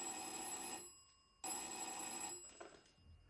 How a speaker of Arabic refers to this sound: في يوم سمعت جرس التليفون.